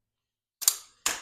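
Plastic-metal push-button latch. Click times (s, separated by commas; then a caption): 1.1 s. The fold-release push button on the front of a Medical King rolling walker's frame is pressed to unlock the walker for folding. A sharp snap sounds at 0.7 s, followed by a sharp click at 1.1 s as the button releases.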